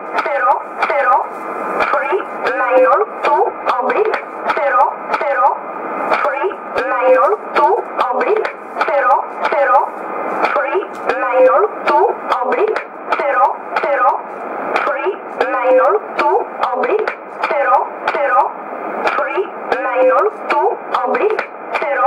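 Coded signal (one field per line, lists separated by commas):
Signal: numbers station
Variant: E11 Oblique, English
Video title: 04 03 2015 Numbers station E11 1707 on 10213 USB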